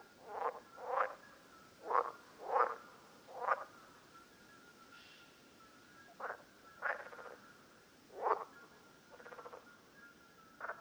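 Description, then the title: Common parsley frog calls, short creaking pulsed croaks given in an irregular series, roughly one or two per second at first then spaced out, with a faint steady tone in the background. Several frogs calling at Lerouville, Lorraine, France, on 5 June 2022. "Parsley-Frogs-Lerouville-Lorraine-France-05 06 2022"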